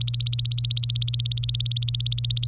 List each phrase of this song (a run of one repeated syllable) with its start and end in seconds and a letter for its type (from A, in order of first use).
0.00-2.48 A